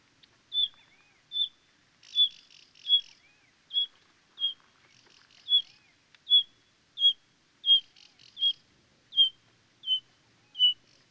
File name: Golosa ptic - Skromnyj batis Batis pririt